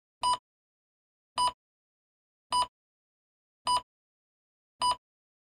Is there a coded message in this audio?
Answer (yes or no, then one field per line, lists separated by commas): no